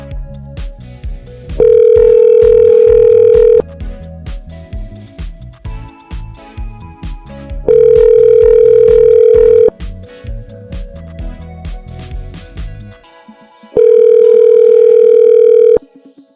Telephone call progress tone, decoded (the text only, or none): ringback tone